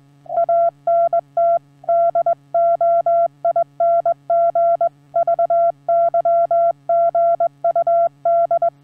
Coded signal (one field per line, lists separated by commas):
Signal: Morse code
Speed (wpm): 20 wpm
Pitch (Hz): 680 Hz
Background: none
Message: ANT DOING VYGUD